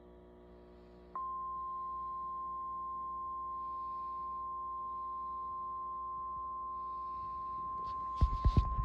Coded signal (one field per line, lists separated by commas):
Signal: Emergency Alert System (SAME) tones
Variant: 1050 Hz attention tone